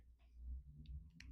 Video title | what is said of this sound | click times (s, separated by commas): Honda key fob replacement #honda #pilot #cars #keyfob #wife #stepbystep | Put in there like so. Oh, snaps right in, guys. | 0.9 s, 1.2 s